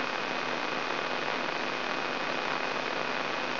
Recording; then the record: brain microelectrode recording played as sound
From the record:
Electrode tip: inside the subthalamic nucleus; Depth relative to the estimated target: 1 mm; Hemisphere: right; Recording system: AlphaMap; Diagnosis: Parkinson's disease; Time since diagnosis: 9 years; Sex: male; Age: 68 years